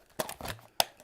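The metal support arm marked "push here" on a vintage Polaroid SX-70 instant SLR camera is pressed, and the folding body closes with soft handling and rustling sounds from about 0.2 to 0.5 s. A sharp, loud snap at 0.8 s marks the body latching shut, and the camera is fully closed.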